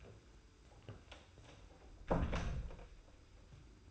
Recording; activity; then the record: daily activity, microphone in the room; close door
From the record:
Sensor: 2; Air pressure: 991.4 hPa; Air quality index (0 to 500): 153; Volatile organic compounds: 499 ppm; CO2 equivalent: 4818 ppm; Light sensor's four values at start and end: 32/95/37/35 and 32/95/37/35